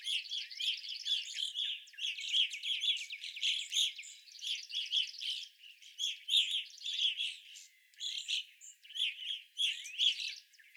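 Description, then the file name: Evening grosbeaks calling together: clear, slurred chirps layered over buzzy rattles, many birds overlapping in a steady chorus. Several evening grosbeaks, recorded 25 April 2021. "2021-04-25 Evening Grosbeaks"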